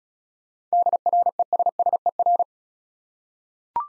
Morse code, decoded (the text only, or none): DRESSER